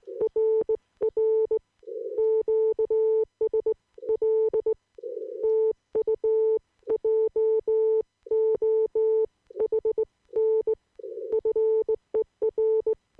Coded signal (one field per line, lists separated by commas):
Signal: Morse code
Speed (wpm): 19 wpm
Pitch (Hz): 440 Hz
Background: none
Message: RR QSL TU JOHN FER